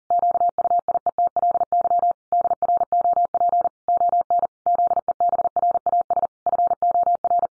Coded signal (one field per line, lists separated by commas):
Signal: Morse code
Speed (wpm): 40 wpm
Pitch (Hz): 700 Hz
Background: none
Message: QUIETLY DROP ON ZEBRAS FOR